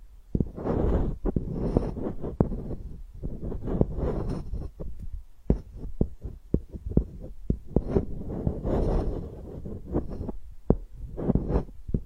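Ear picking: a dense run of scratchy rustling and crackling, broken by frequent sharp clicks and soft pops. The sounds come in quick bursts with only brief pauses, sitting mostly low and muffled, with a dull thumping underneath throughout.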